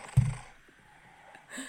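A sleeping adult woman, pregnant and with nasal congestion, snores. There is a loud, low snort-like burst near the start, then quiet breathing, then another rising snore at the end.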